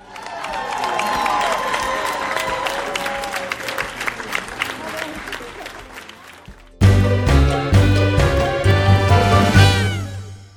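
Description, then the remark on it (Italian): A crowd claps steadily with scattered cheers and voices for several seconds, then the applause gives way to music with a deep bass line starting abruptly. “Un applauso.”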